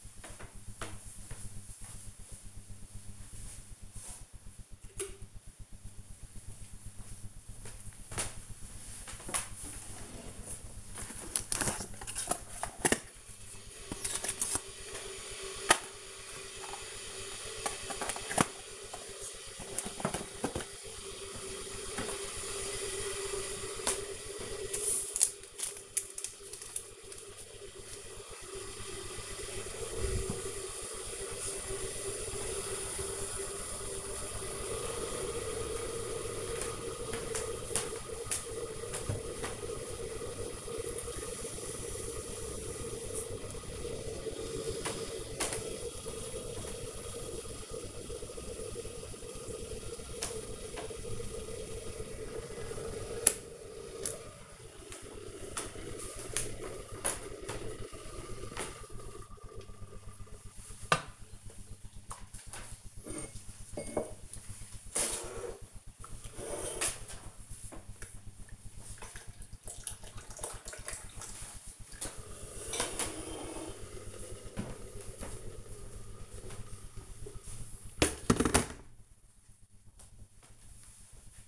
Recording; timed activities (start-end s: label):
household activities, microphone on the right wrist
0.00-81.47 s: making tea